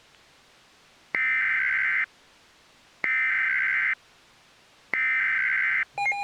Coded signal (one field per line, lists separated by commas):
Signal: Emergency Alert System (SAME) tones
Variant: header bursts